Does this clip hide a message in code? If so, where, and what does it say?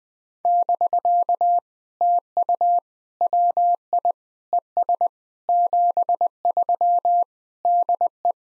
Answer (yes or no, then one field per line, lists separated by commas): yes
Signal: Morse code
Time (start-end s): 0.5-8.3 s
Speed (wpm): 21 wpm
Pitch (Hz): 700 Hz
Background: none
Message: <BK> TU WI ES 73 DE